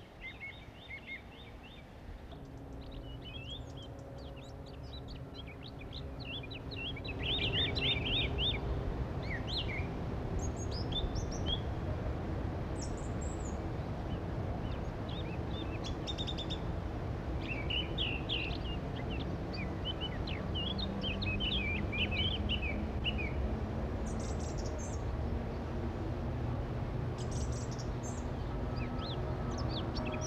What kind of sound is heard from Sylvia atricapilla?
song